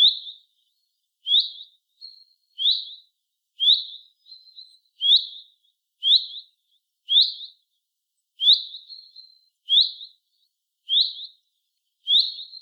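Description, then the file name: Common chaffinch calling steadily, a sharp high note repeated around ten times, some followed by faint softer notes; the background is silent. "Fringilla coelebs"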